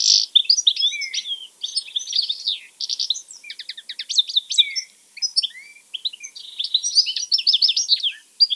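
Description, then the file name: European goldfinch in a lively liquid twittering song of quick chirps, clicks and slurred notes, delivered in several bursts with short pauses. "Carduelis carduelis"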